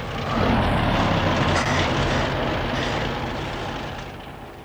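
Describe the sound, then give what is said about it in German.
A bus engine roars with a steady, broad rumble and hiss as the vehicle pulls away, the noise gradually tapering off toward the end. No one speaks. “Ist sie wirklich in den Autobus gestiegen?”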